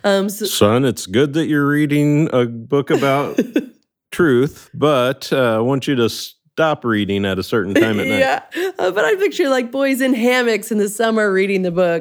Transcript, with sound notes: “Son, it’s good that you’re reading a book about truth, but I want you to stop reading at a certain time of night.”
Yes! (laughter) I picture boys in hammocks in the summer reading the book.